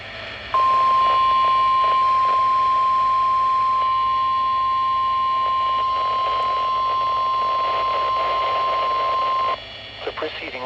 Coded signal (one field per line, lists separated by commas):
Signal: Emergency Alert System (SAME) tones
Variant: 1050 Hz attention tone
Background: speech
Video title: EAS | Required Weekly Test from WXJ31 , Thomaston, Ga | 09/17/2025 | EAS #15